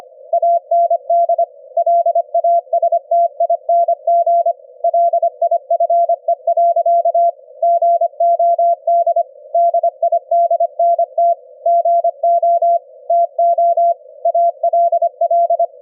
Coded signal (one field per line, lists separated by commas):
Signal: Morse code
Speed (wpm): 25 wpm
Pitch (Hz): 680 Hz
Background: none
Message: AND LASTING LIFE. GOD DIDNT GO TO ALL